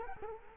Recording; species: mosquito wingbeat signal from an infrared sensor; Culex quinquefasciatus